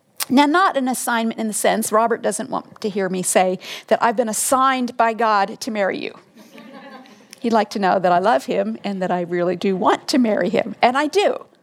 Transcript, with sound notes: Now, not an assignment in the sense... Robert doesn't want to hear me say, "I've been assigned by God to marry you." (laughter) He'd like to know that I love him and that I really do want to marry him—and I do.